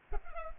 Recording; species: mosquito wingbeat signal from an infrared sensor; Culex pipiens